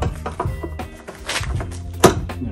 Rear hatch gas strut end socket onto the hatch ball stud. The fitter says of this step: it is you can hear a click already